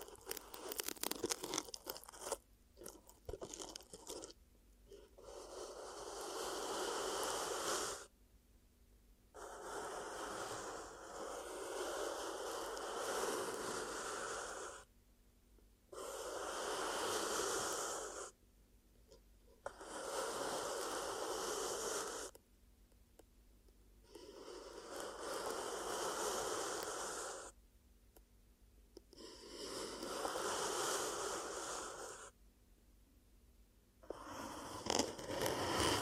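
Ear cupping triggers, opening with a few seconds of crackly, scratchy taps before settling into a steady pattern. Thick, airy whooshing swells of about three seconds alternate with short near-silent gaps, repeating evenly to the end like slow, heavy breaths.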